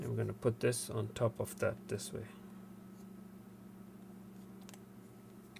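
Someone talks while positioning the front glass bezel of a Garmin GPS navigator's touch screen digitizer on top of the housing, orienting it so it will not be misaligned. After the talking, faint ticks are heard near 4.7 s and 5.6 s over a low steady hum. Nothing has seated or clicked into place yet.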